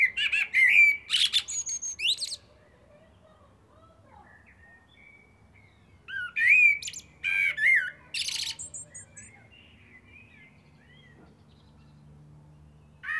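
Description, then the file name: Eurasian blackbird song: loud fluted whistles and high twittering in one phrase, a second similar phrase after a gap, and a faint low hum beneath. "Turdus merula"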